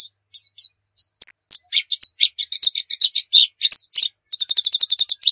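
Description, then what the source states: White-eye singing: scattered high chirps building into a dense, buzzy chatter, then a quick even trill of repeated notes at the end. Pleci muria type; masteran (song-training material).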